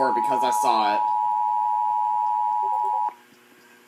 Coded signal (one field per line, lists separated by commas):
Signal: Emergency Alert System (SAME) tones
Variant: 853 and 960 Hz attention tone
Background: speech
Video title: EAS 379 TOR NWS Raleigh